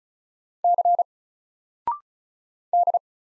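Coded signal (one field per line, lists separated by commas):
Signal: Morse code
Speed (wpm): 36 wpm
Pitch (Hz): 700 Hz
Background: none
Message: C D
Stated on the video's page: Morse practice of single letters at 35 wpm, each letter sent, then spoken, then sent again.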